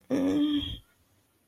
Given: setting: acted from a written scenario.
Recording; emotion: vocal sound without words; pain